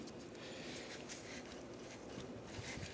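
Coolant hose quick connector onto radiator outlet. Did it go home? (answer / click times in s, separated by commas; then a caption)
no / none. A coolant hose quick connector on a 2011-2015 Chevrolet Cruze is lined up on the radiator outlet fitting while its retaining clip is checked before the connector is pushed home. Low rustling and handling noise carries a few faint taps near 1.5 and 2.2 seconds. Nothing has seated or clicked yet.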